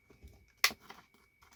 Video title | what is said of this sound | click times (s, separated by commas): ***LETS FIX IT*** Preston Absolute 30 box, draw handle snapped off! | Yeah, you heard it little click there, and it's just sort of coming out now. | 0.6 s